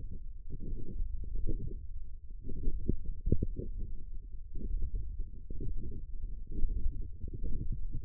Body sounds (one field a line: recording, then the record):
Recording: forearm muscle sounds (acoustic myography)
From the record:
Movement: radial deviation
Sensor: system 1, eight BSWA MPA416 microphones around the upper forearm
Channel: 7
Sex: male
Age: 20 years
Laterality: left